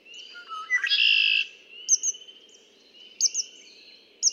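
Red-winged blackbird song at the start: soft low notes, then a loud harsh buzzy trill, followed by scattered high double chips and a continuous faint hum.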